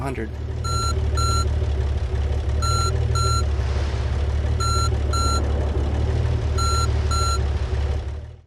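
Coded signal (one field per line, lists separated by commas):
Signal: none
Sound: vehicle reversing beeps in game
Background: speech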